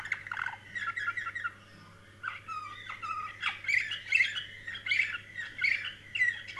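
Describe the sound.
Canary song: rapid warbled trills and chirps that run on continuously, break off briefly around two seconds, then resume with bright rolling phrases; a steady low hum underneath.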